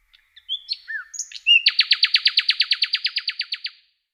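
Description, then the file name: Common nightingale song: a few thin whistles and slurred notes, then a loud, rapid, machine-gun trill of many sharp notes. "Slowik rdzawy"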